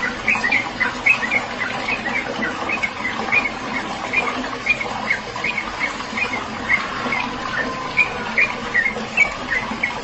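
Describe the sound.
Bird song: short bright chirps repeated many times at somewhat irregular intervals, over a constant hissing background noise.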